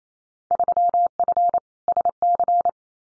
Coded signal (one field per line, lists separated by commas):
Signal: Morse code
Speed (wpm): 28 wpm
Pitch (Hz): 700 Hz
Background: none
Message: 3F SC